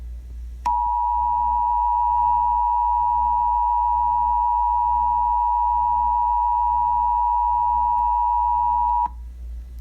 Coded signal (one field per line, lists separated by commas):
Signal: Emergency Alert System (SAME) tones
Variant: 853 and 960 Hz attention tone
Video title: EAS Scenario | Five Nights At Freddy’s 2861